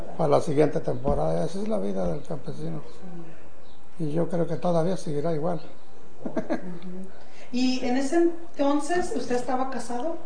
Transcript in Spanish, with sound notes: Pa la siguiente temporada, así es la vida del campesino. Y yo creo que todavía seguirá igual. (risas) Y en ese entonces, ¿usted estaba casado?